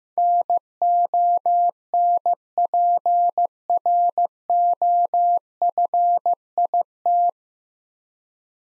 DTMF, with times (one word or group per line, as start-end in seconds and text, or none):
none